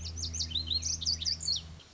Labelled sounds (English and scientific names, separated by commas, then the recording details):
Lazuli Bunting (Passerina amoena)
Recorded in Sonoma County, California